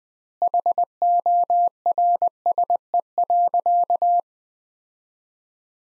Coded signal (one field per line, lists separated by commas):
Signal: Morse code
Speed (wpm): 21 wpm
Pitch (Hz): 700 Hz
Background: none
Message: HORSE.